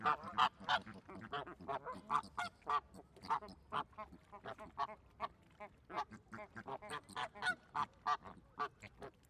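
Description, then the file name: Flamingo calls, a dense flock chorus of rapid goose-like honks, several per second throughout, overlapping and uneven. Flamingos at a zoo park. "ambience park zoo flamingos"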